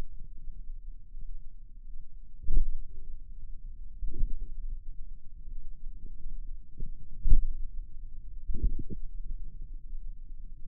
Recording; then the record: forearm muscle sounds (acoustic myography)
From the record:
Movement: pen grasping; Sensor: system 2, bracelet of six BSWA MPA416 microphones around the upper forearm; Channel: 4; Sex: female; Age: 23 years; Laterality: right